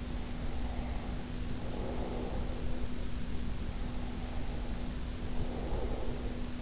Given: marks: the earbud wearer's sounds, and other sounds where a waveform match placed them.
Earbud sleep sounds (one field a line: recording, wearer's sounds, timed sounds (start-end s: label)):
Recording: sounds in sleep by an in-ear microphone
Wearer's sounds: breath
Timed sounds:
0.10-3.12 s: breath
3.58-6.60 s: breath